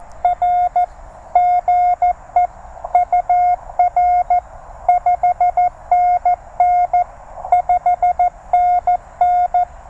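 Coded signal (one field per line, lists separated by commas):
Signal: Morse code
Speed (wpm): 16 wpm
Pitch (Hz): 690 Hz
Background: none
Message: R GE UR 5NN 5NN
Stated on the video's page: QRP CW parks-on-the-air activation from a TR-35 in the evening, on multiple bands.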